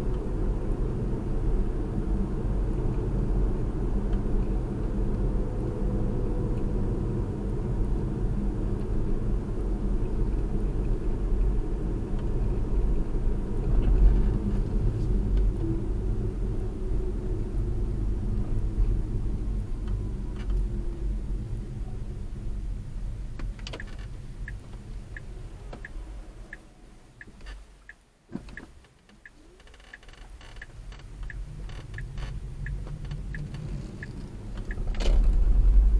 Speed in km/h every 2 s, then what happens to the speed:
48, 50, 50, 47, 45, 45, 45, 40, 35, 31, 21, 15, 8, 0, 0, 6, 13, 23.
0-13 steady at about 47. 13-26 slows to 0. 26-29 standing. 29-36 pulls away to 23.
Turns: 29-33.